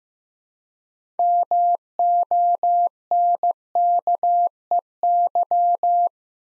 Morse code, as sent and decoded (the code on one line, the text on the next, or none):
-- --- -. -.- . -.--
MONKEY